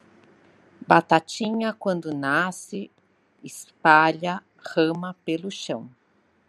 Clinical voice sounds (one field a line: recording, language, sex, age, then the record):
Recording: short text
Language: Brazilian Portuguese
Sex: female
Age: 50 to 59 years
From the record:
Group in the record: control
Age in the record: 56 years